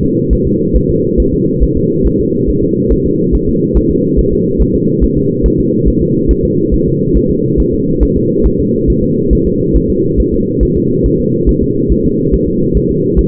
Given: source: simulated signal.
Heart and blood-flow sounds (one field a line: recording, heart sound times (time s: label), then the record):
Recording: fetal heart sounds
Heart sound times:
0.03 s: S2
0.33 s: S1
0.47 s: S2
0.76 s: S1
0.90 s: S2
1.20 s: S1
1.34 s: S2
1.63 s: S1
1.77 s: S2
2.07 s: S1
2.20 s: S2
2.49 s: S1
2.63 s: S2
2.92 s: S1
3.06 s: S2
3.35 s: S1
3.49 s: S2
3.77 s: S1
3.91 s: S2
4.19 s: S1
4.33 s: S2
4.61 s: S1
4.75 s: S2
5.04 s: S1
5.17 s: S2
5.46 s: S1
5.60 s: S2
5.88 s: S1
6.02 s: S2
6.31 s: S1
6.45 s: S2
6.74 s: S1
6.88 s: S2
7.17 s: S1
7.30 s: S2
7.60 s: S1
7.74 s: S2
8.03 s: S1
8.17 s: S2
8.46 s: S1
8.60 s: S2
8.90 s: S1
9.03 s: S2
9.33 s: S1
9.47 s: S2
9.76 s: S1
9.90 s: S2
10.20 s: S1
10.34 s: S2
10.63 s: S1
10.77 s: S2
11.06 s: S1
11.20 s: S2
11.49 s: S1
11.63 s: S2
11.92 s: S1
12.05 s: S2
12.34 s: S1
12.48 s: S2
12.77 s: S1
12.91 s: S2
13.19 s: S1
From the record:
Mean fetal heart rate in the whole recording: 140 bpm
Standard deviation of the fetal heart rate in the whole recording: 2 bpm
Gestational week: 34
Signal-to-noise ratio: -11.2 dB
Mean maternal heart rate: 72 bpm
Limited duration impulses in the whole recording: present